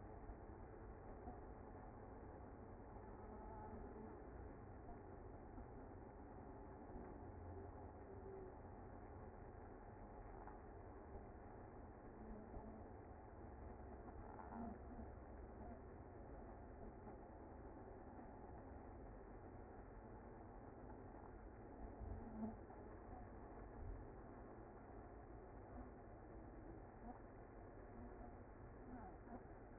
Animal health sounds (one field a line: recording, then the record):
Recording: honeybee colony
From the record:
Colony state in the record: active